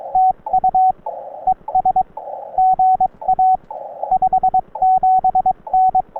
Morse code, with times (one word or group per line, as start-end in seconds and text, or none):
0.1-0.9 TU
1.5-2.0 ES
2.6-3.6 GA
4.1-6.0 57N